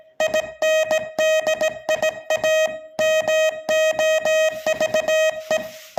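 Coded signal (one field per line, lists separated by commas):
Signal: Morse code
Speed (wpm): 18 wpm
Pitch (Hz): 630 Hz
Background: none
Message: INDIA MOVE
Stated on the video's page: Real Morse signalling recorded at slightly above 20 words per minute.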